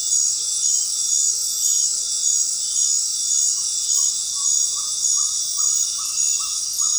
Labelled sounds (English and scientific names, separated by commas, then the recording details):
Ferruginous Pygmy-Owl (Glaucidium brasilianum)
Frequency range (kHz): Ferruginous Pygmy-Owl (Glaucidium brasilianum) 0.4-2.1 kHz
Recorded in dense forest near Puerto Asís, Putumayo, Colombia, on 19 February 2024 at 19:00
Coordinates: 0.500, -76.322
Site G6465